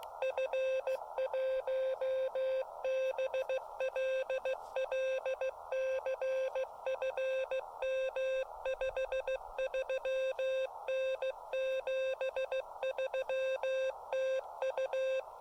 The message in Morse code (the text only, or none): F1BLL CFM 53N 73 TU